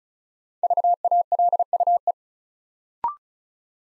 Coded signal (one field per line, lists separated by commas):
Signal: Morse code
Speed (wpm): 36 wpm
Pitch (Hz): 700 Hz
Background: none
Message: VALUE